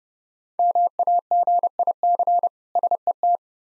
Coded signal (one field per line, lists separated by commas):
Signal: Morse code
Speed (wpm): 32 wpm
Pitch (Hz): 700 Hz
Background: none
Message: MAGIC SET